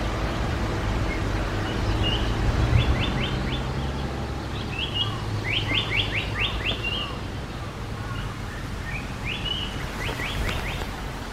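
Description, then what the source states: Japanese paradise flycatcher song: a short whistled note followed by a rapid run of three to five sharp notes, the phrase given three times over a steady low rumble. Recorded 10 June 2022.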